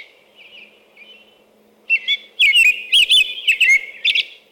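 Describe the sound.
American robin song: a few soft notes, then from two seconds a run of loud caroled whistled phrases, about two per second.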